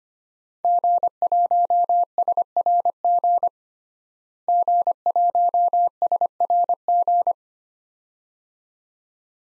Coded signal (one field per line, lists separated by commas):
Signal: Morse code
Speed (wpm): 25 wpm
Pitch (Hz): 700 Hz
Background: none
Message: G1SRG G1SRG